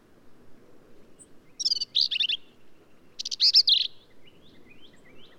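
Black-capped vireo: two loud, harsh chattering song phrases about a second apart, followed by faint softer notes.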